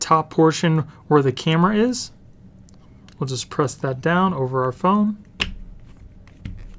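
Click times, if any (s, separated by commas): 5.4 s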